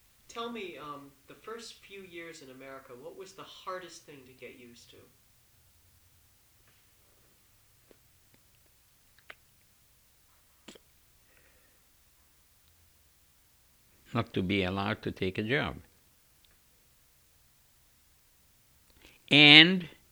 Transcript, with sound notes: Tell me, the first few years in America, what was the hardest thing to get used to?
(he pauses) Not to be allowed to take a job. And